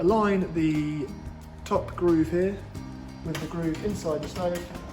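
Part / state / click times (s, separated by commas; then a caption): gas cartridge into single burner camping stove locking mechanism / not seated / none. A man talks over background music while a 220 g butane gas cartridge is lined up by its top groove with the groove inside an Outdoor Revolution single burner camping stove's locking mechanism. The cartridge is handled and not yet pushed home; nothing has seated or clicked yet.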